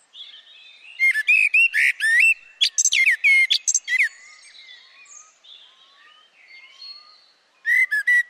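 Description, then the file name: Eurasian blackbird with a long run of rapid, ringing chirps and slurred whistles, a quieter gap with soft notes, then another loud burst. "Turdus merula"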